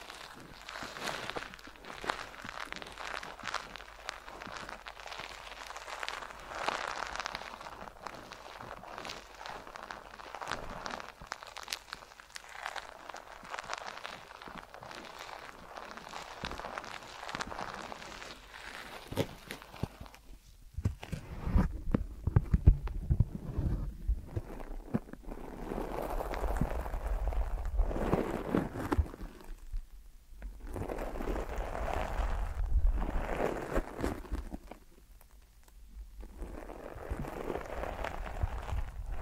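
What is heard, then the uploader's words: Deep ear massage sounds: a steady, dense rustling and rubbing for the first twenty seconds, with brief soft swells. After that the rubbing turns heavier and lower, with thumping pulses and several short pauses near 30 and 35 seconds. ASMR Deep Ear Massage for Sleep(No Talking).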